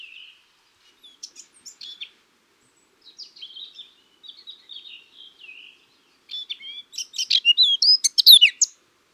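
Eurasian blackcap song: a quiet scratchy warble of soft notes building into a loud, clear fluting phrase with rich whistled notes near the end.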